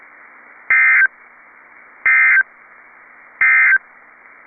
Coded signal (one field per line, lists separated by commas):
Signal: Emergency Alert System (SAME) tones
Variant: end-of-message bursts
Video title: P-O-L-K and Texas | EAS Alerts from 5/18/21 (EAS #379-386)